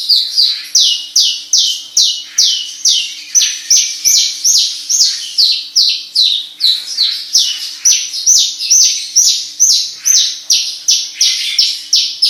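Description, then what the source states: Javan bush lark song: a rapid series of short, sharp, high descending notes, a little over two a second, fairly steady throughout. Lure song used to bring on singing in a Javan bush lark that has stopped singing.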